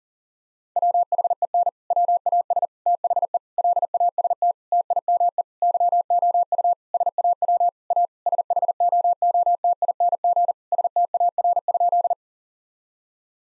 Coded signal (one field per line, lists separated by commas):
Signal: Morse code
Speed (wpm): 37 wpm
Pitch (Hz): 700 Hz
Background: none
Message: WHEN WAS THE LAST TIME YOU SAW A SHOOTING STAR?